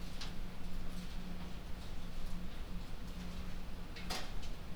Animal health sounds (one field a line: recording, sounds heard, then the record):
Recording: poultry house recording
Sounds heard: no chicken sound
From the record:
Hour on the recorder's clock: 22